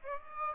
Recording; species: mosquito wingbeat signal from an infrared sensor; Aedes aegypti